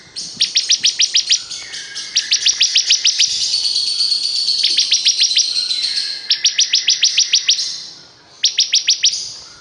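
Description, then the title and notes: Bar-winged prinia song: rapid strings of sharp high notes in separate bursts. Singing vigorously ('gacor'). "Suara Burung Ciblek Gacor"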